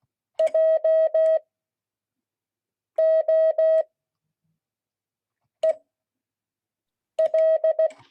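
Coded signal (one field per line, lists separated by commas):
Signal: Morse code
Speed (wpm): 16 wpm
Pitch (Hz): 640 Hz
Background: none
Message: JOEL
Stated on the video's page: Morse code class.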